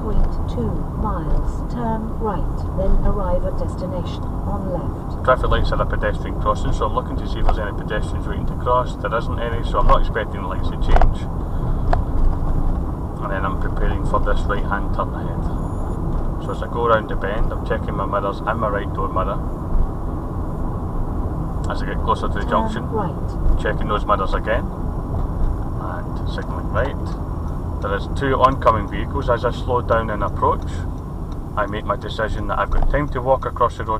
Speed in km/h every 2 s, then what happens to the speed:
35, 35, 35, 34, 34, 35, 39, 40, 39, 39, 39, 37, 35, 34, 31, 27, 18.
0-21 steady at about 35. 21-34 slows to 18.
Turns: none.